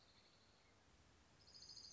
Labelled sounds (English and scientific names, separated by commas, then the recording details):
Orange-crowned Warbler (Leiothlypis celata)
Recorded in Sonoma County, California